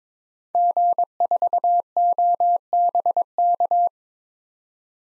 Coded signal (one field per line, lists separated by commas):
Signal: Morse code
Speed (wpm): 22 wpm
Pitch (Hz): 700 Hz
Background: none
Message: G4OBK